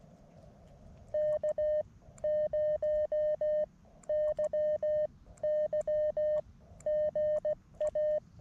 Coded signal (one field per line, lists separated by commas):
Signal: Morse code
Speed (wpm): 16 wpm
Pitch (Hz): 610 Hz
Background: none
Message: K0YY GA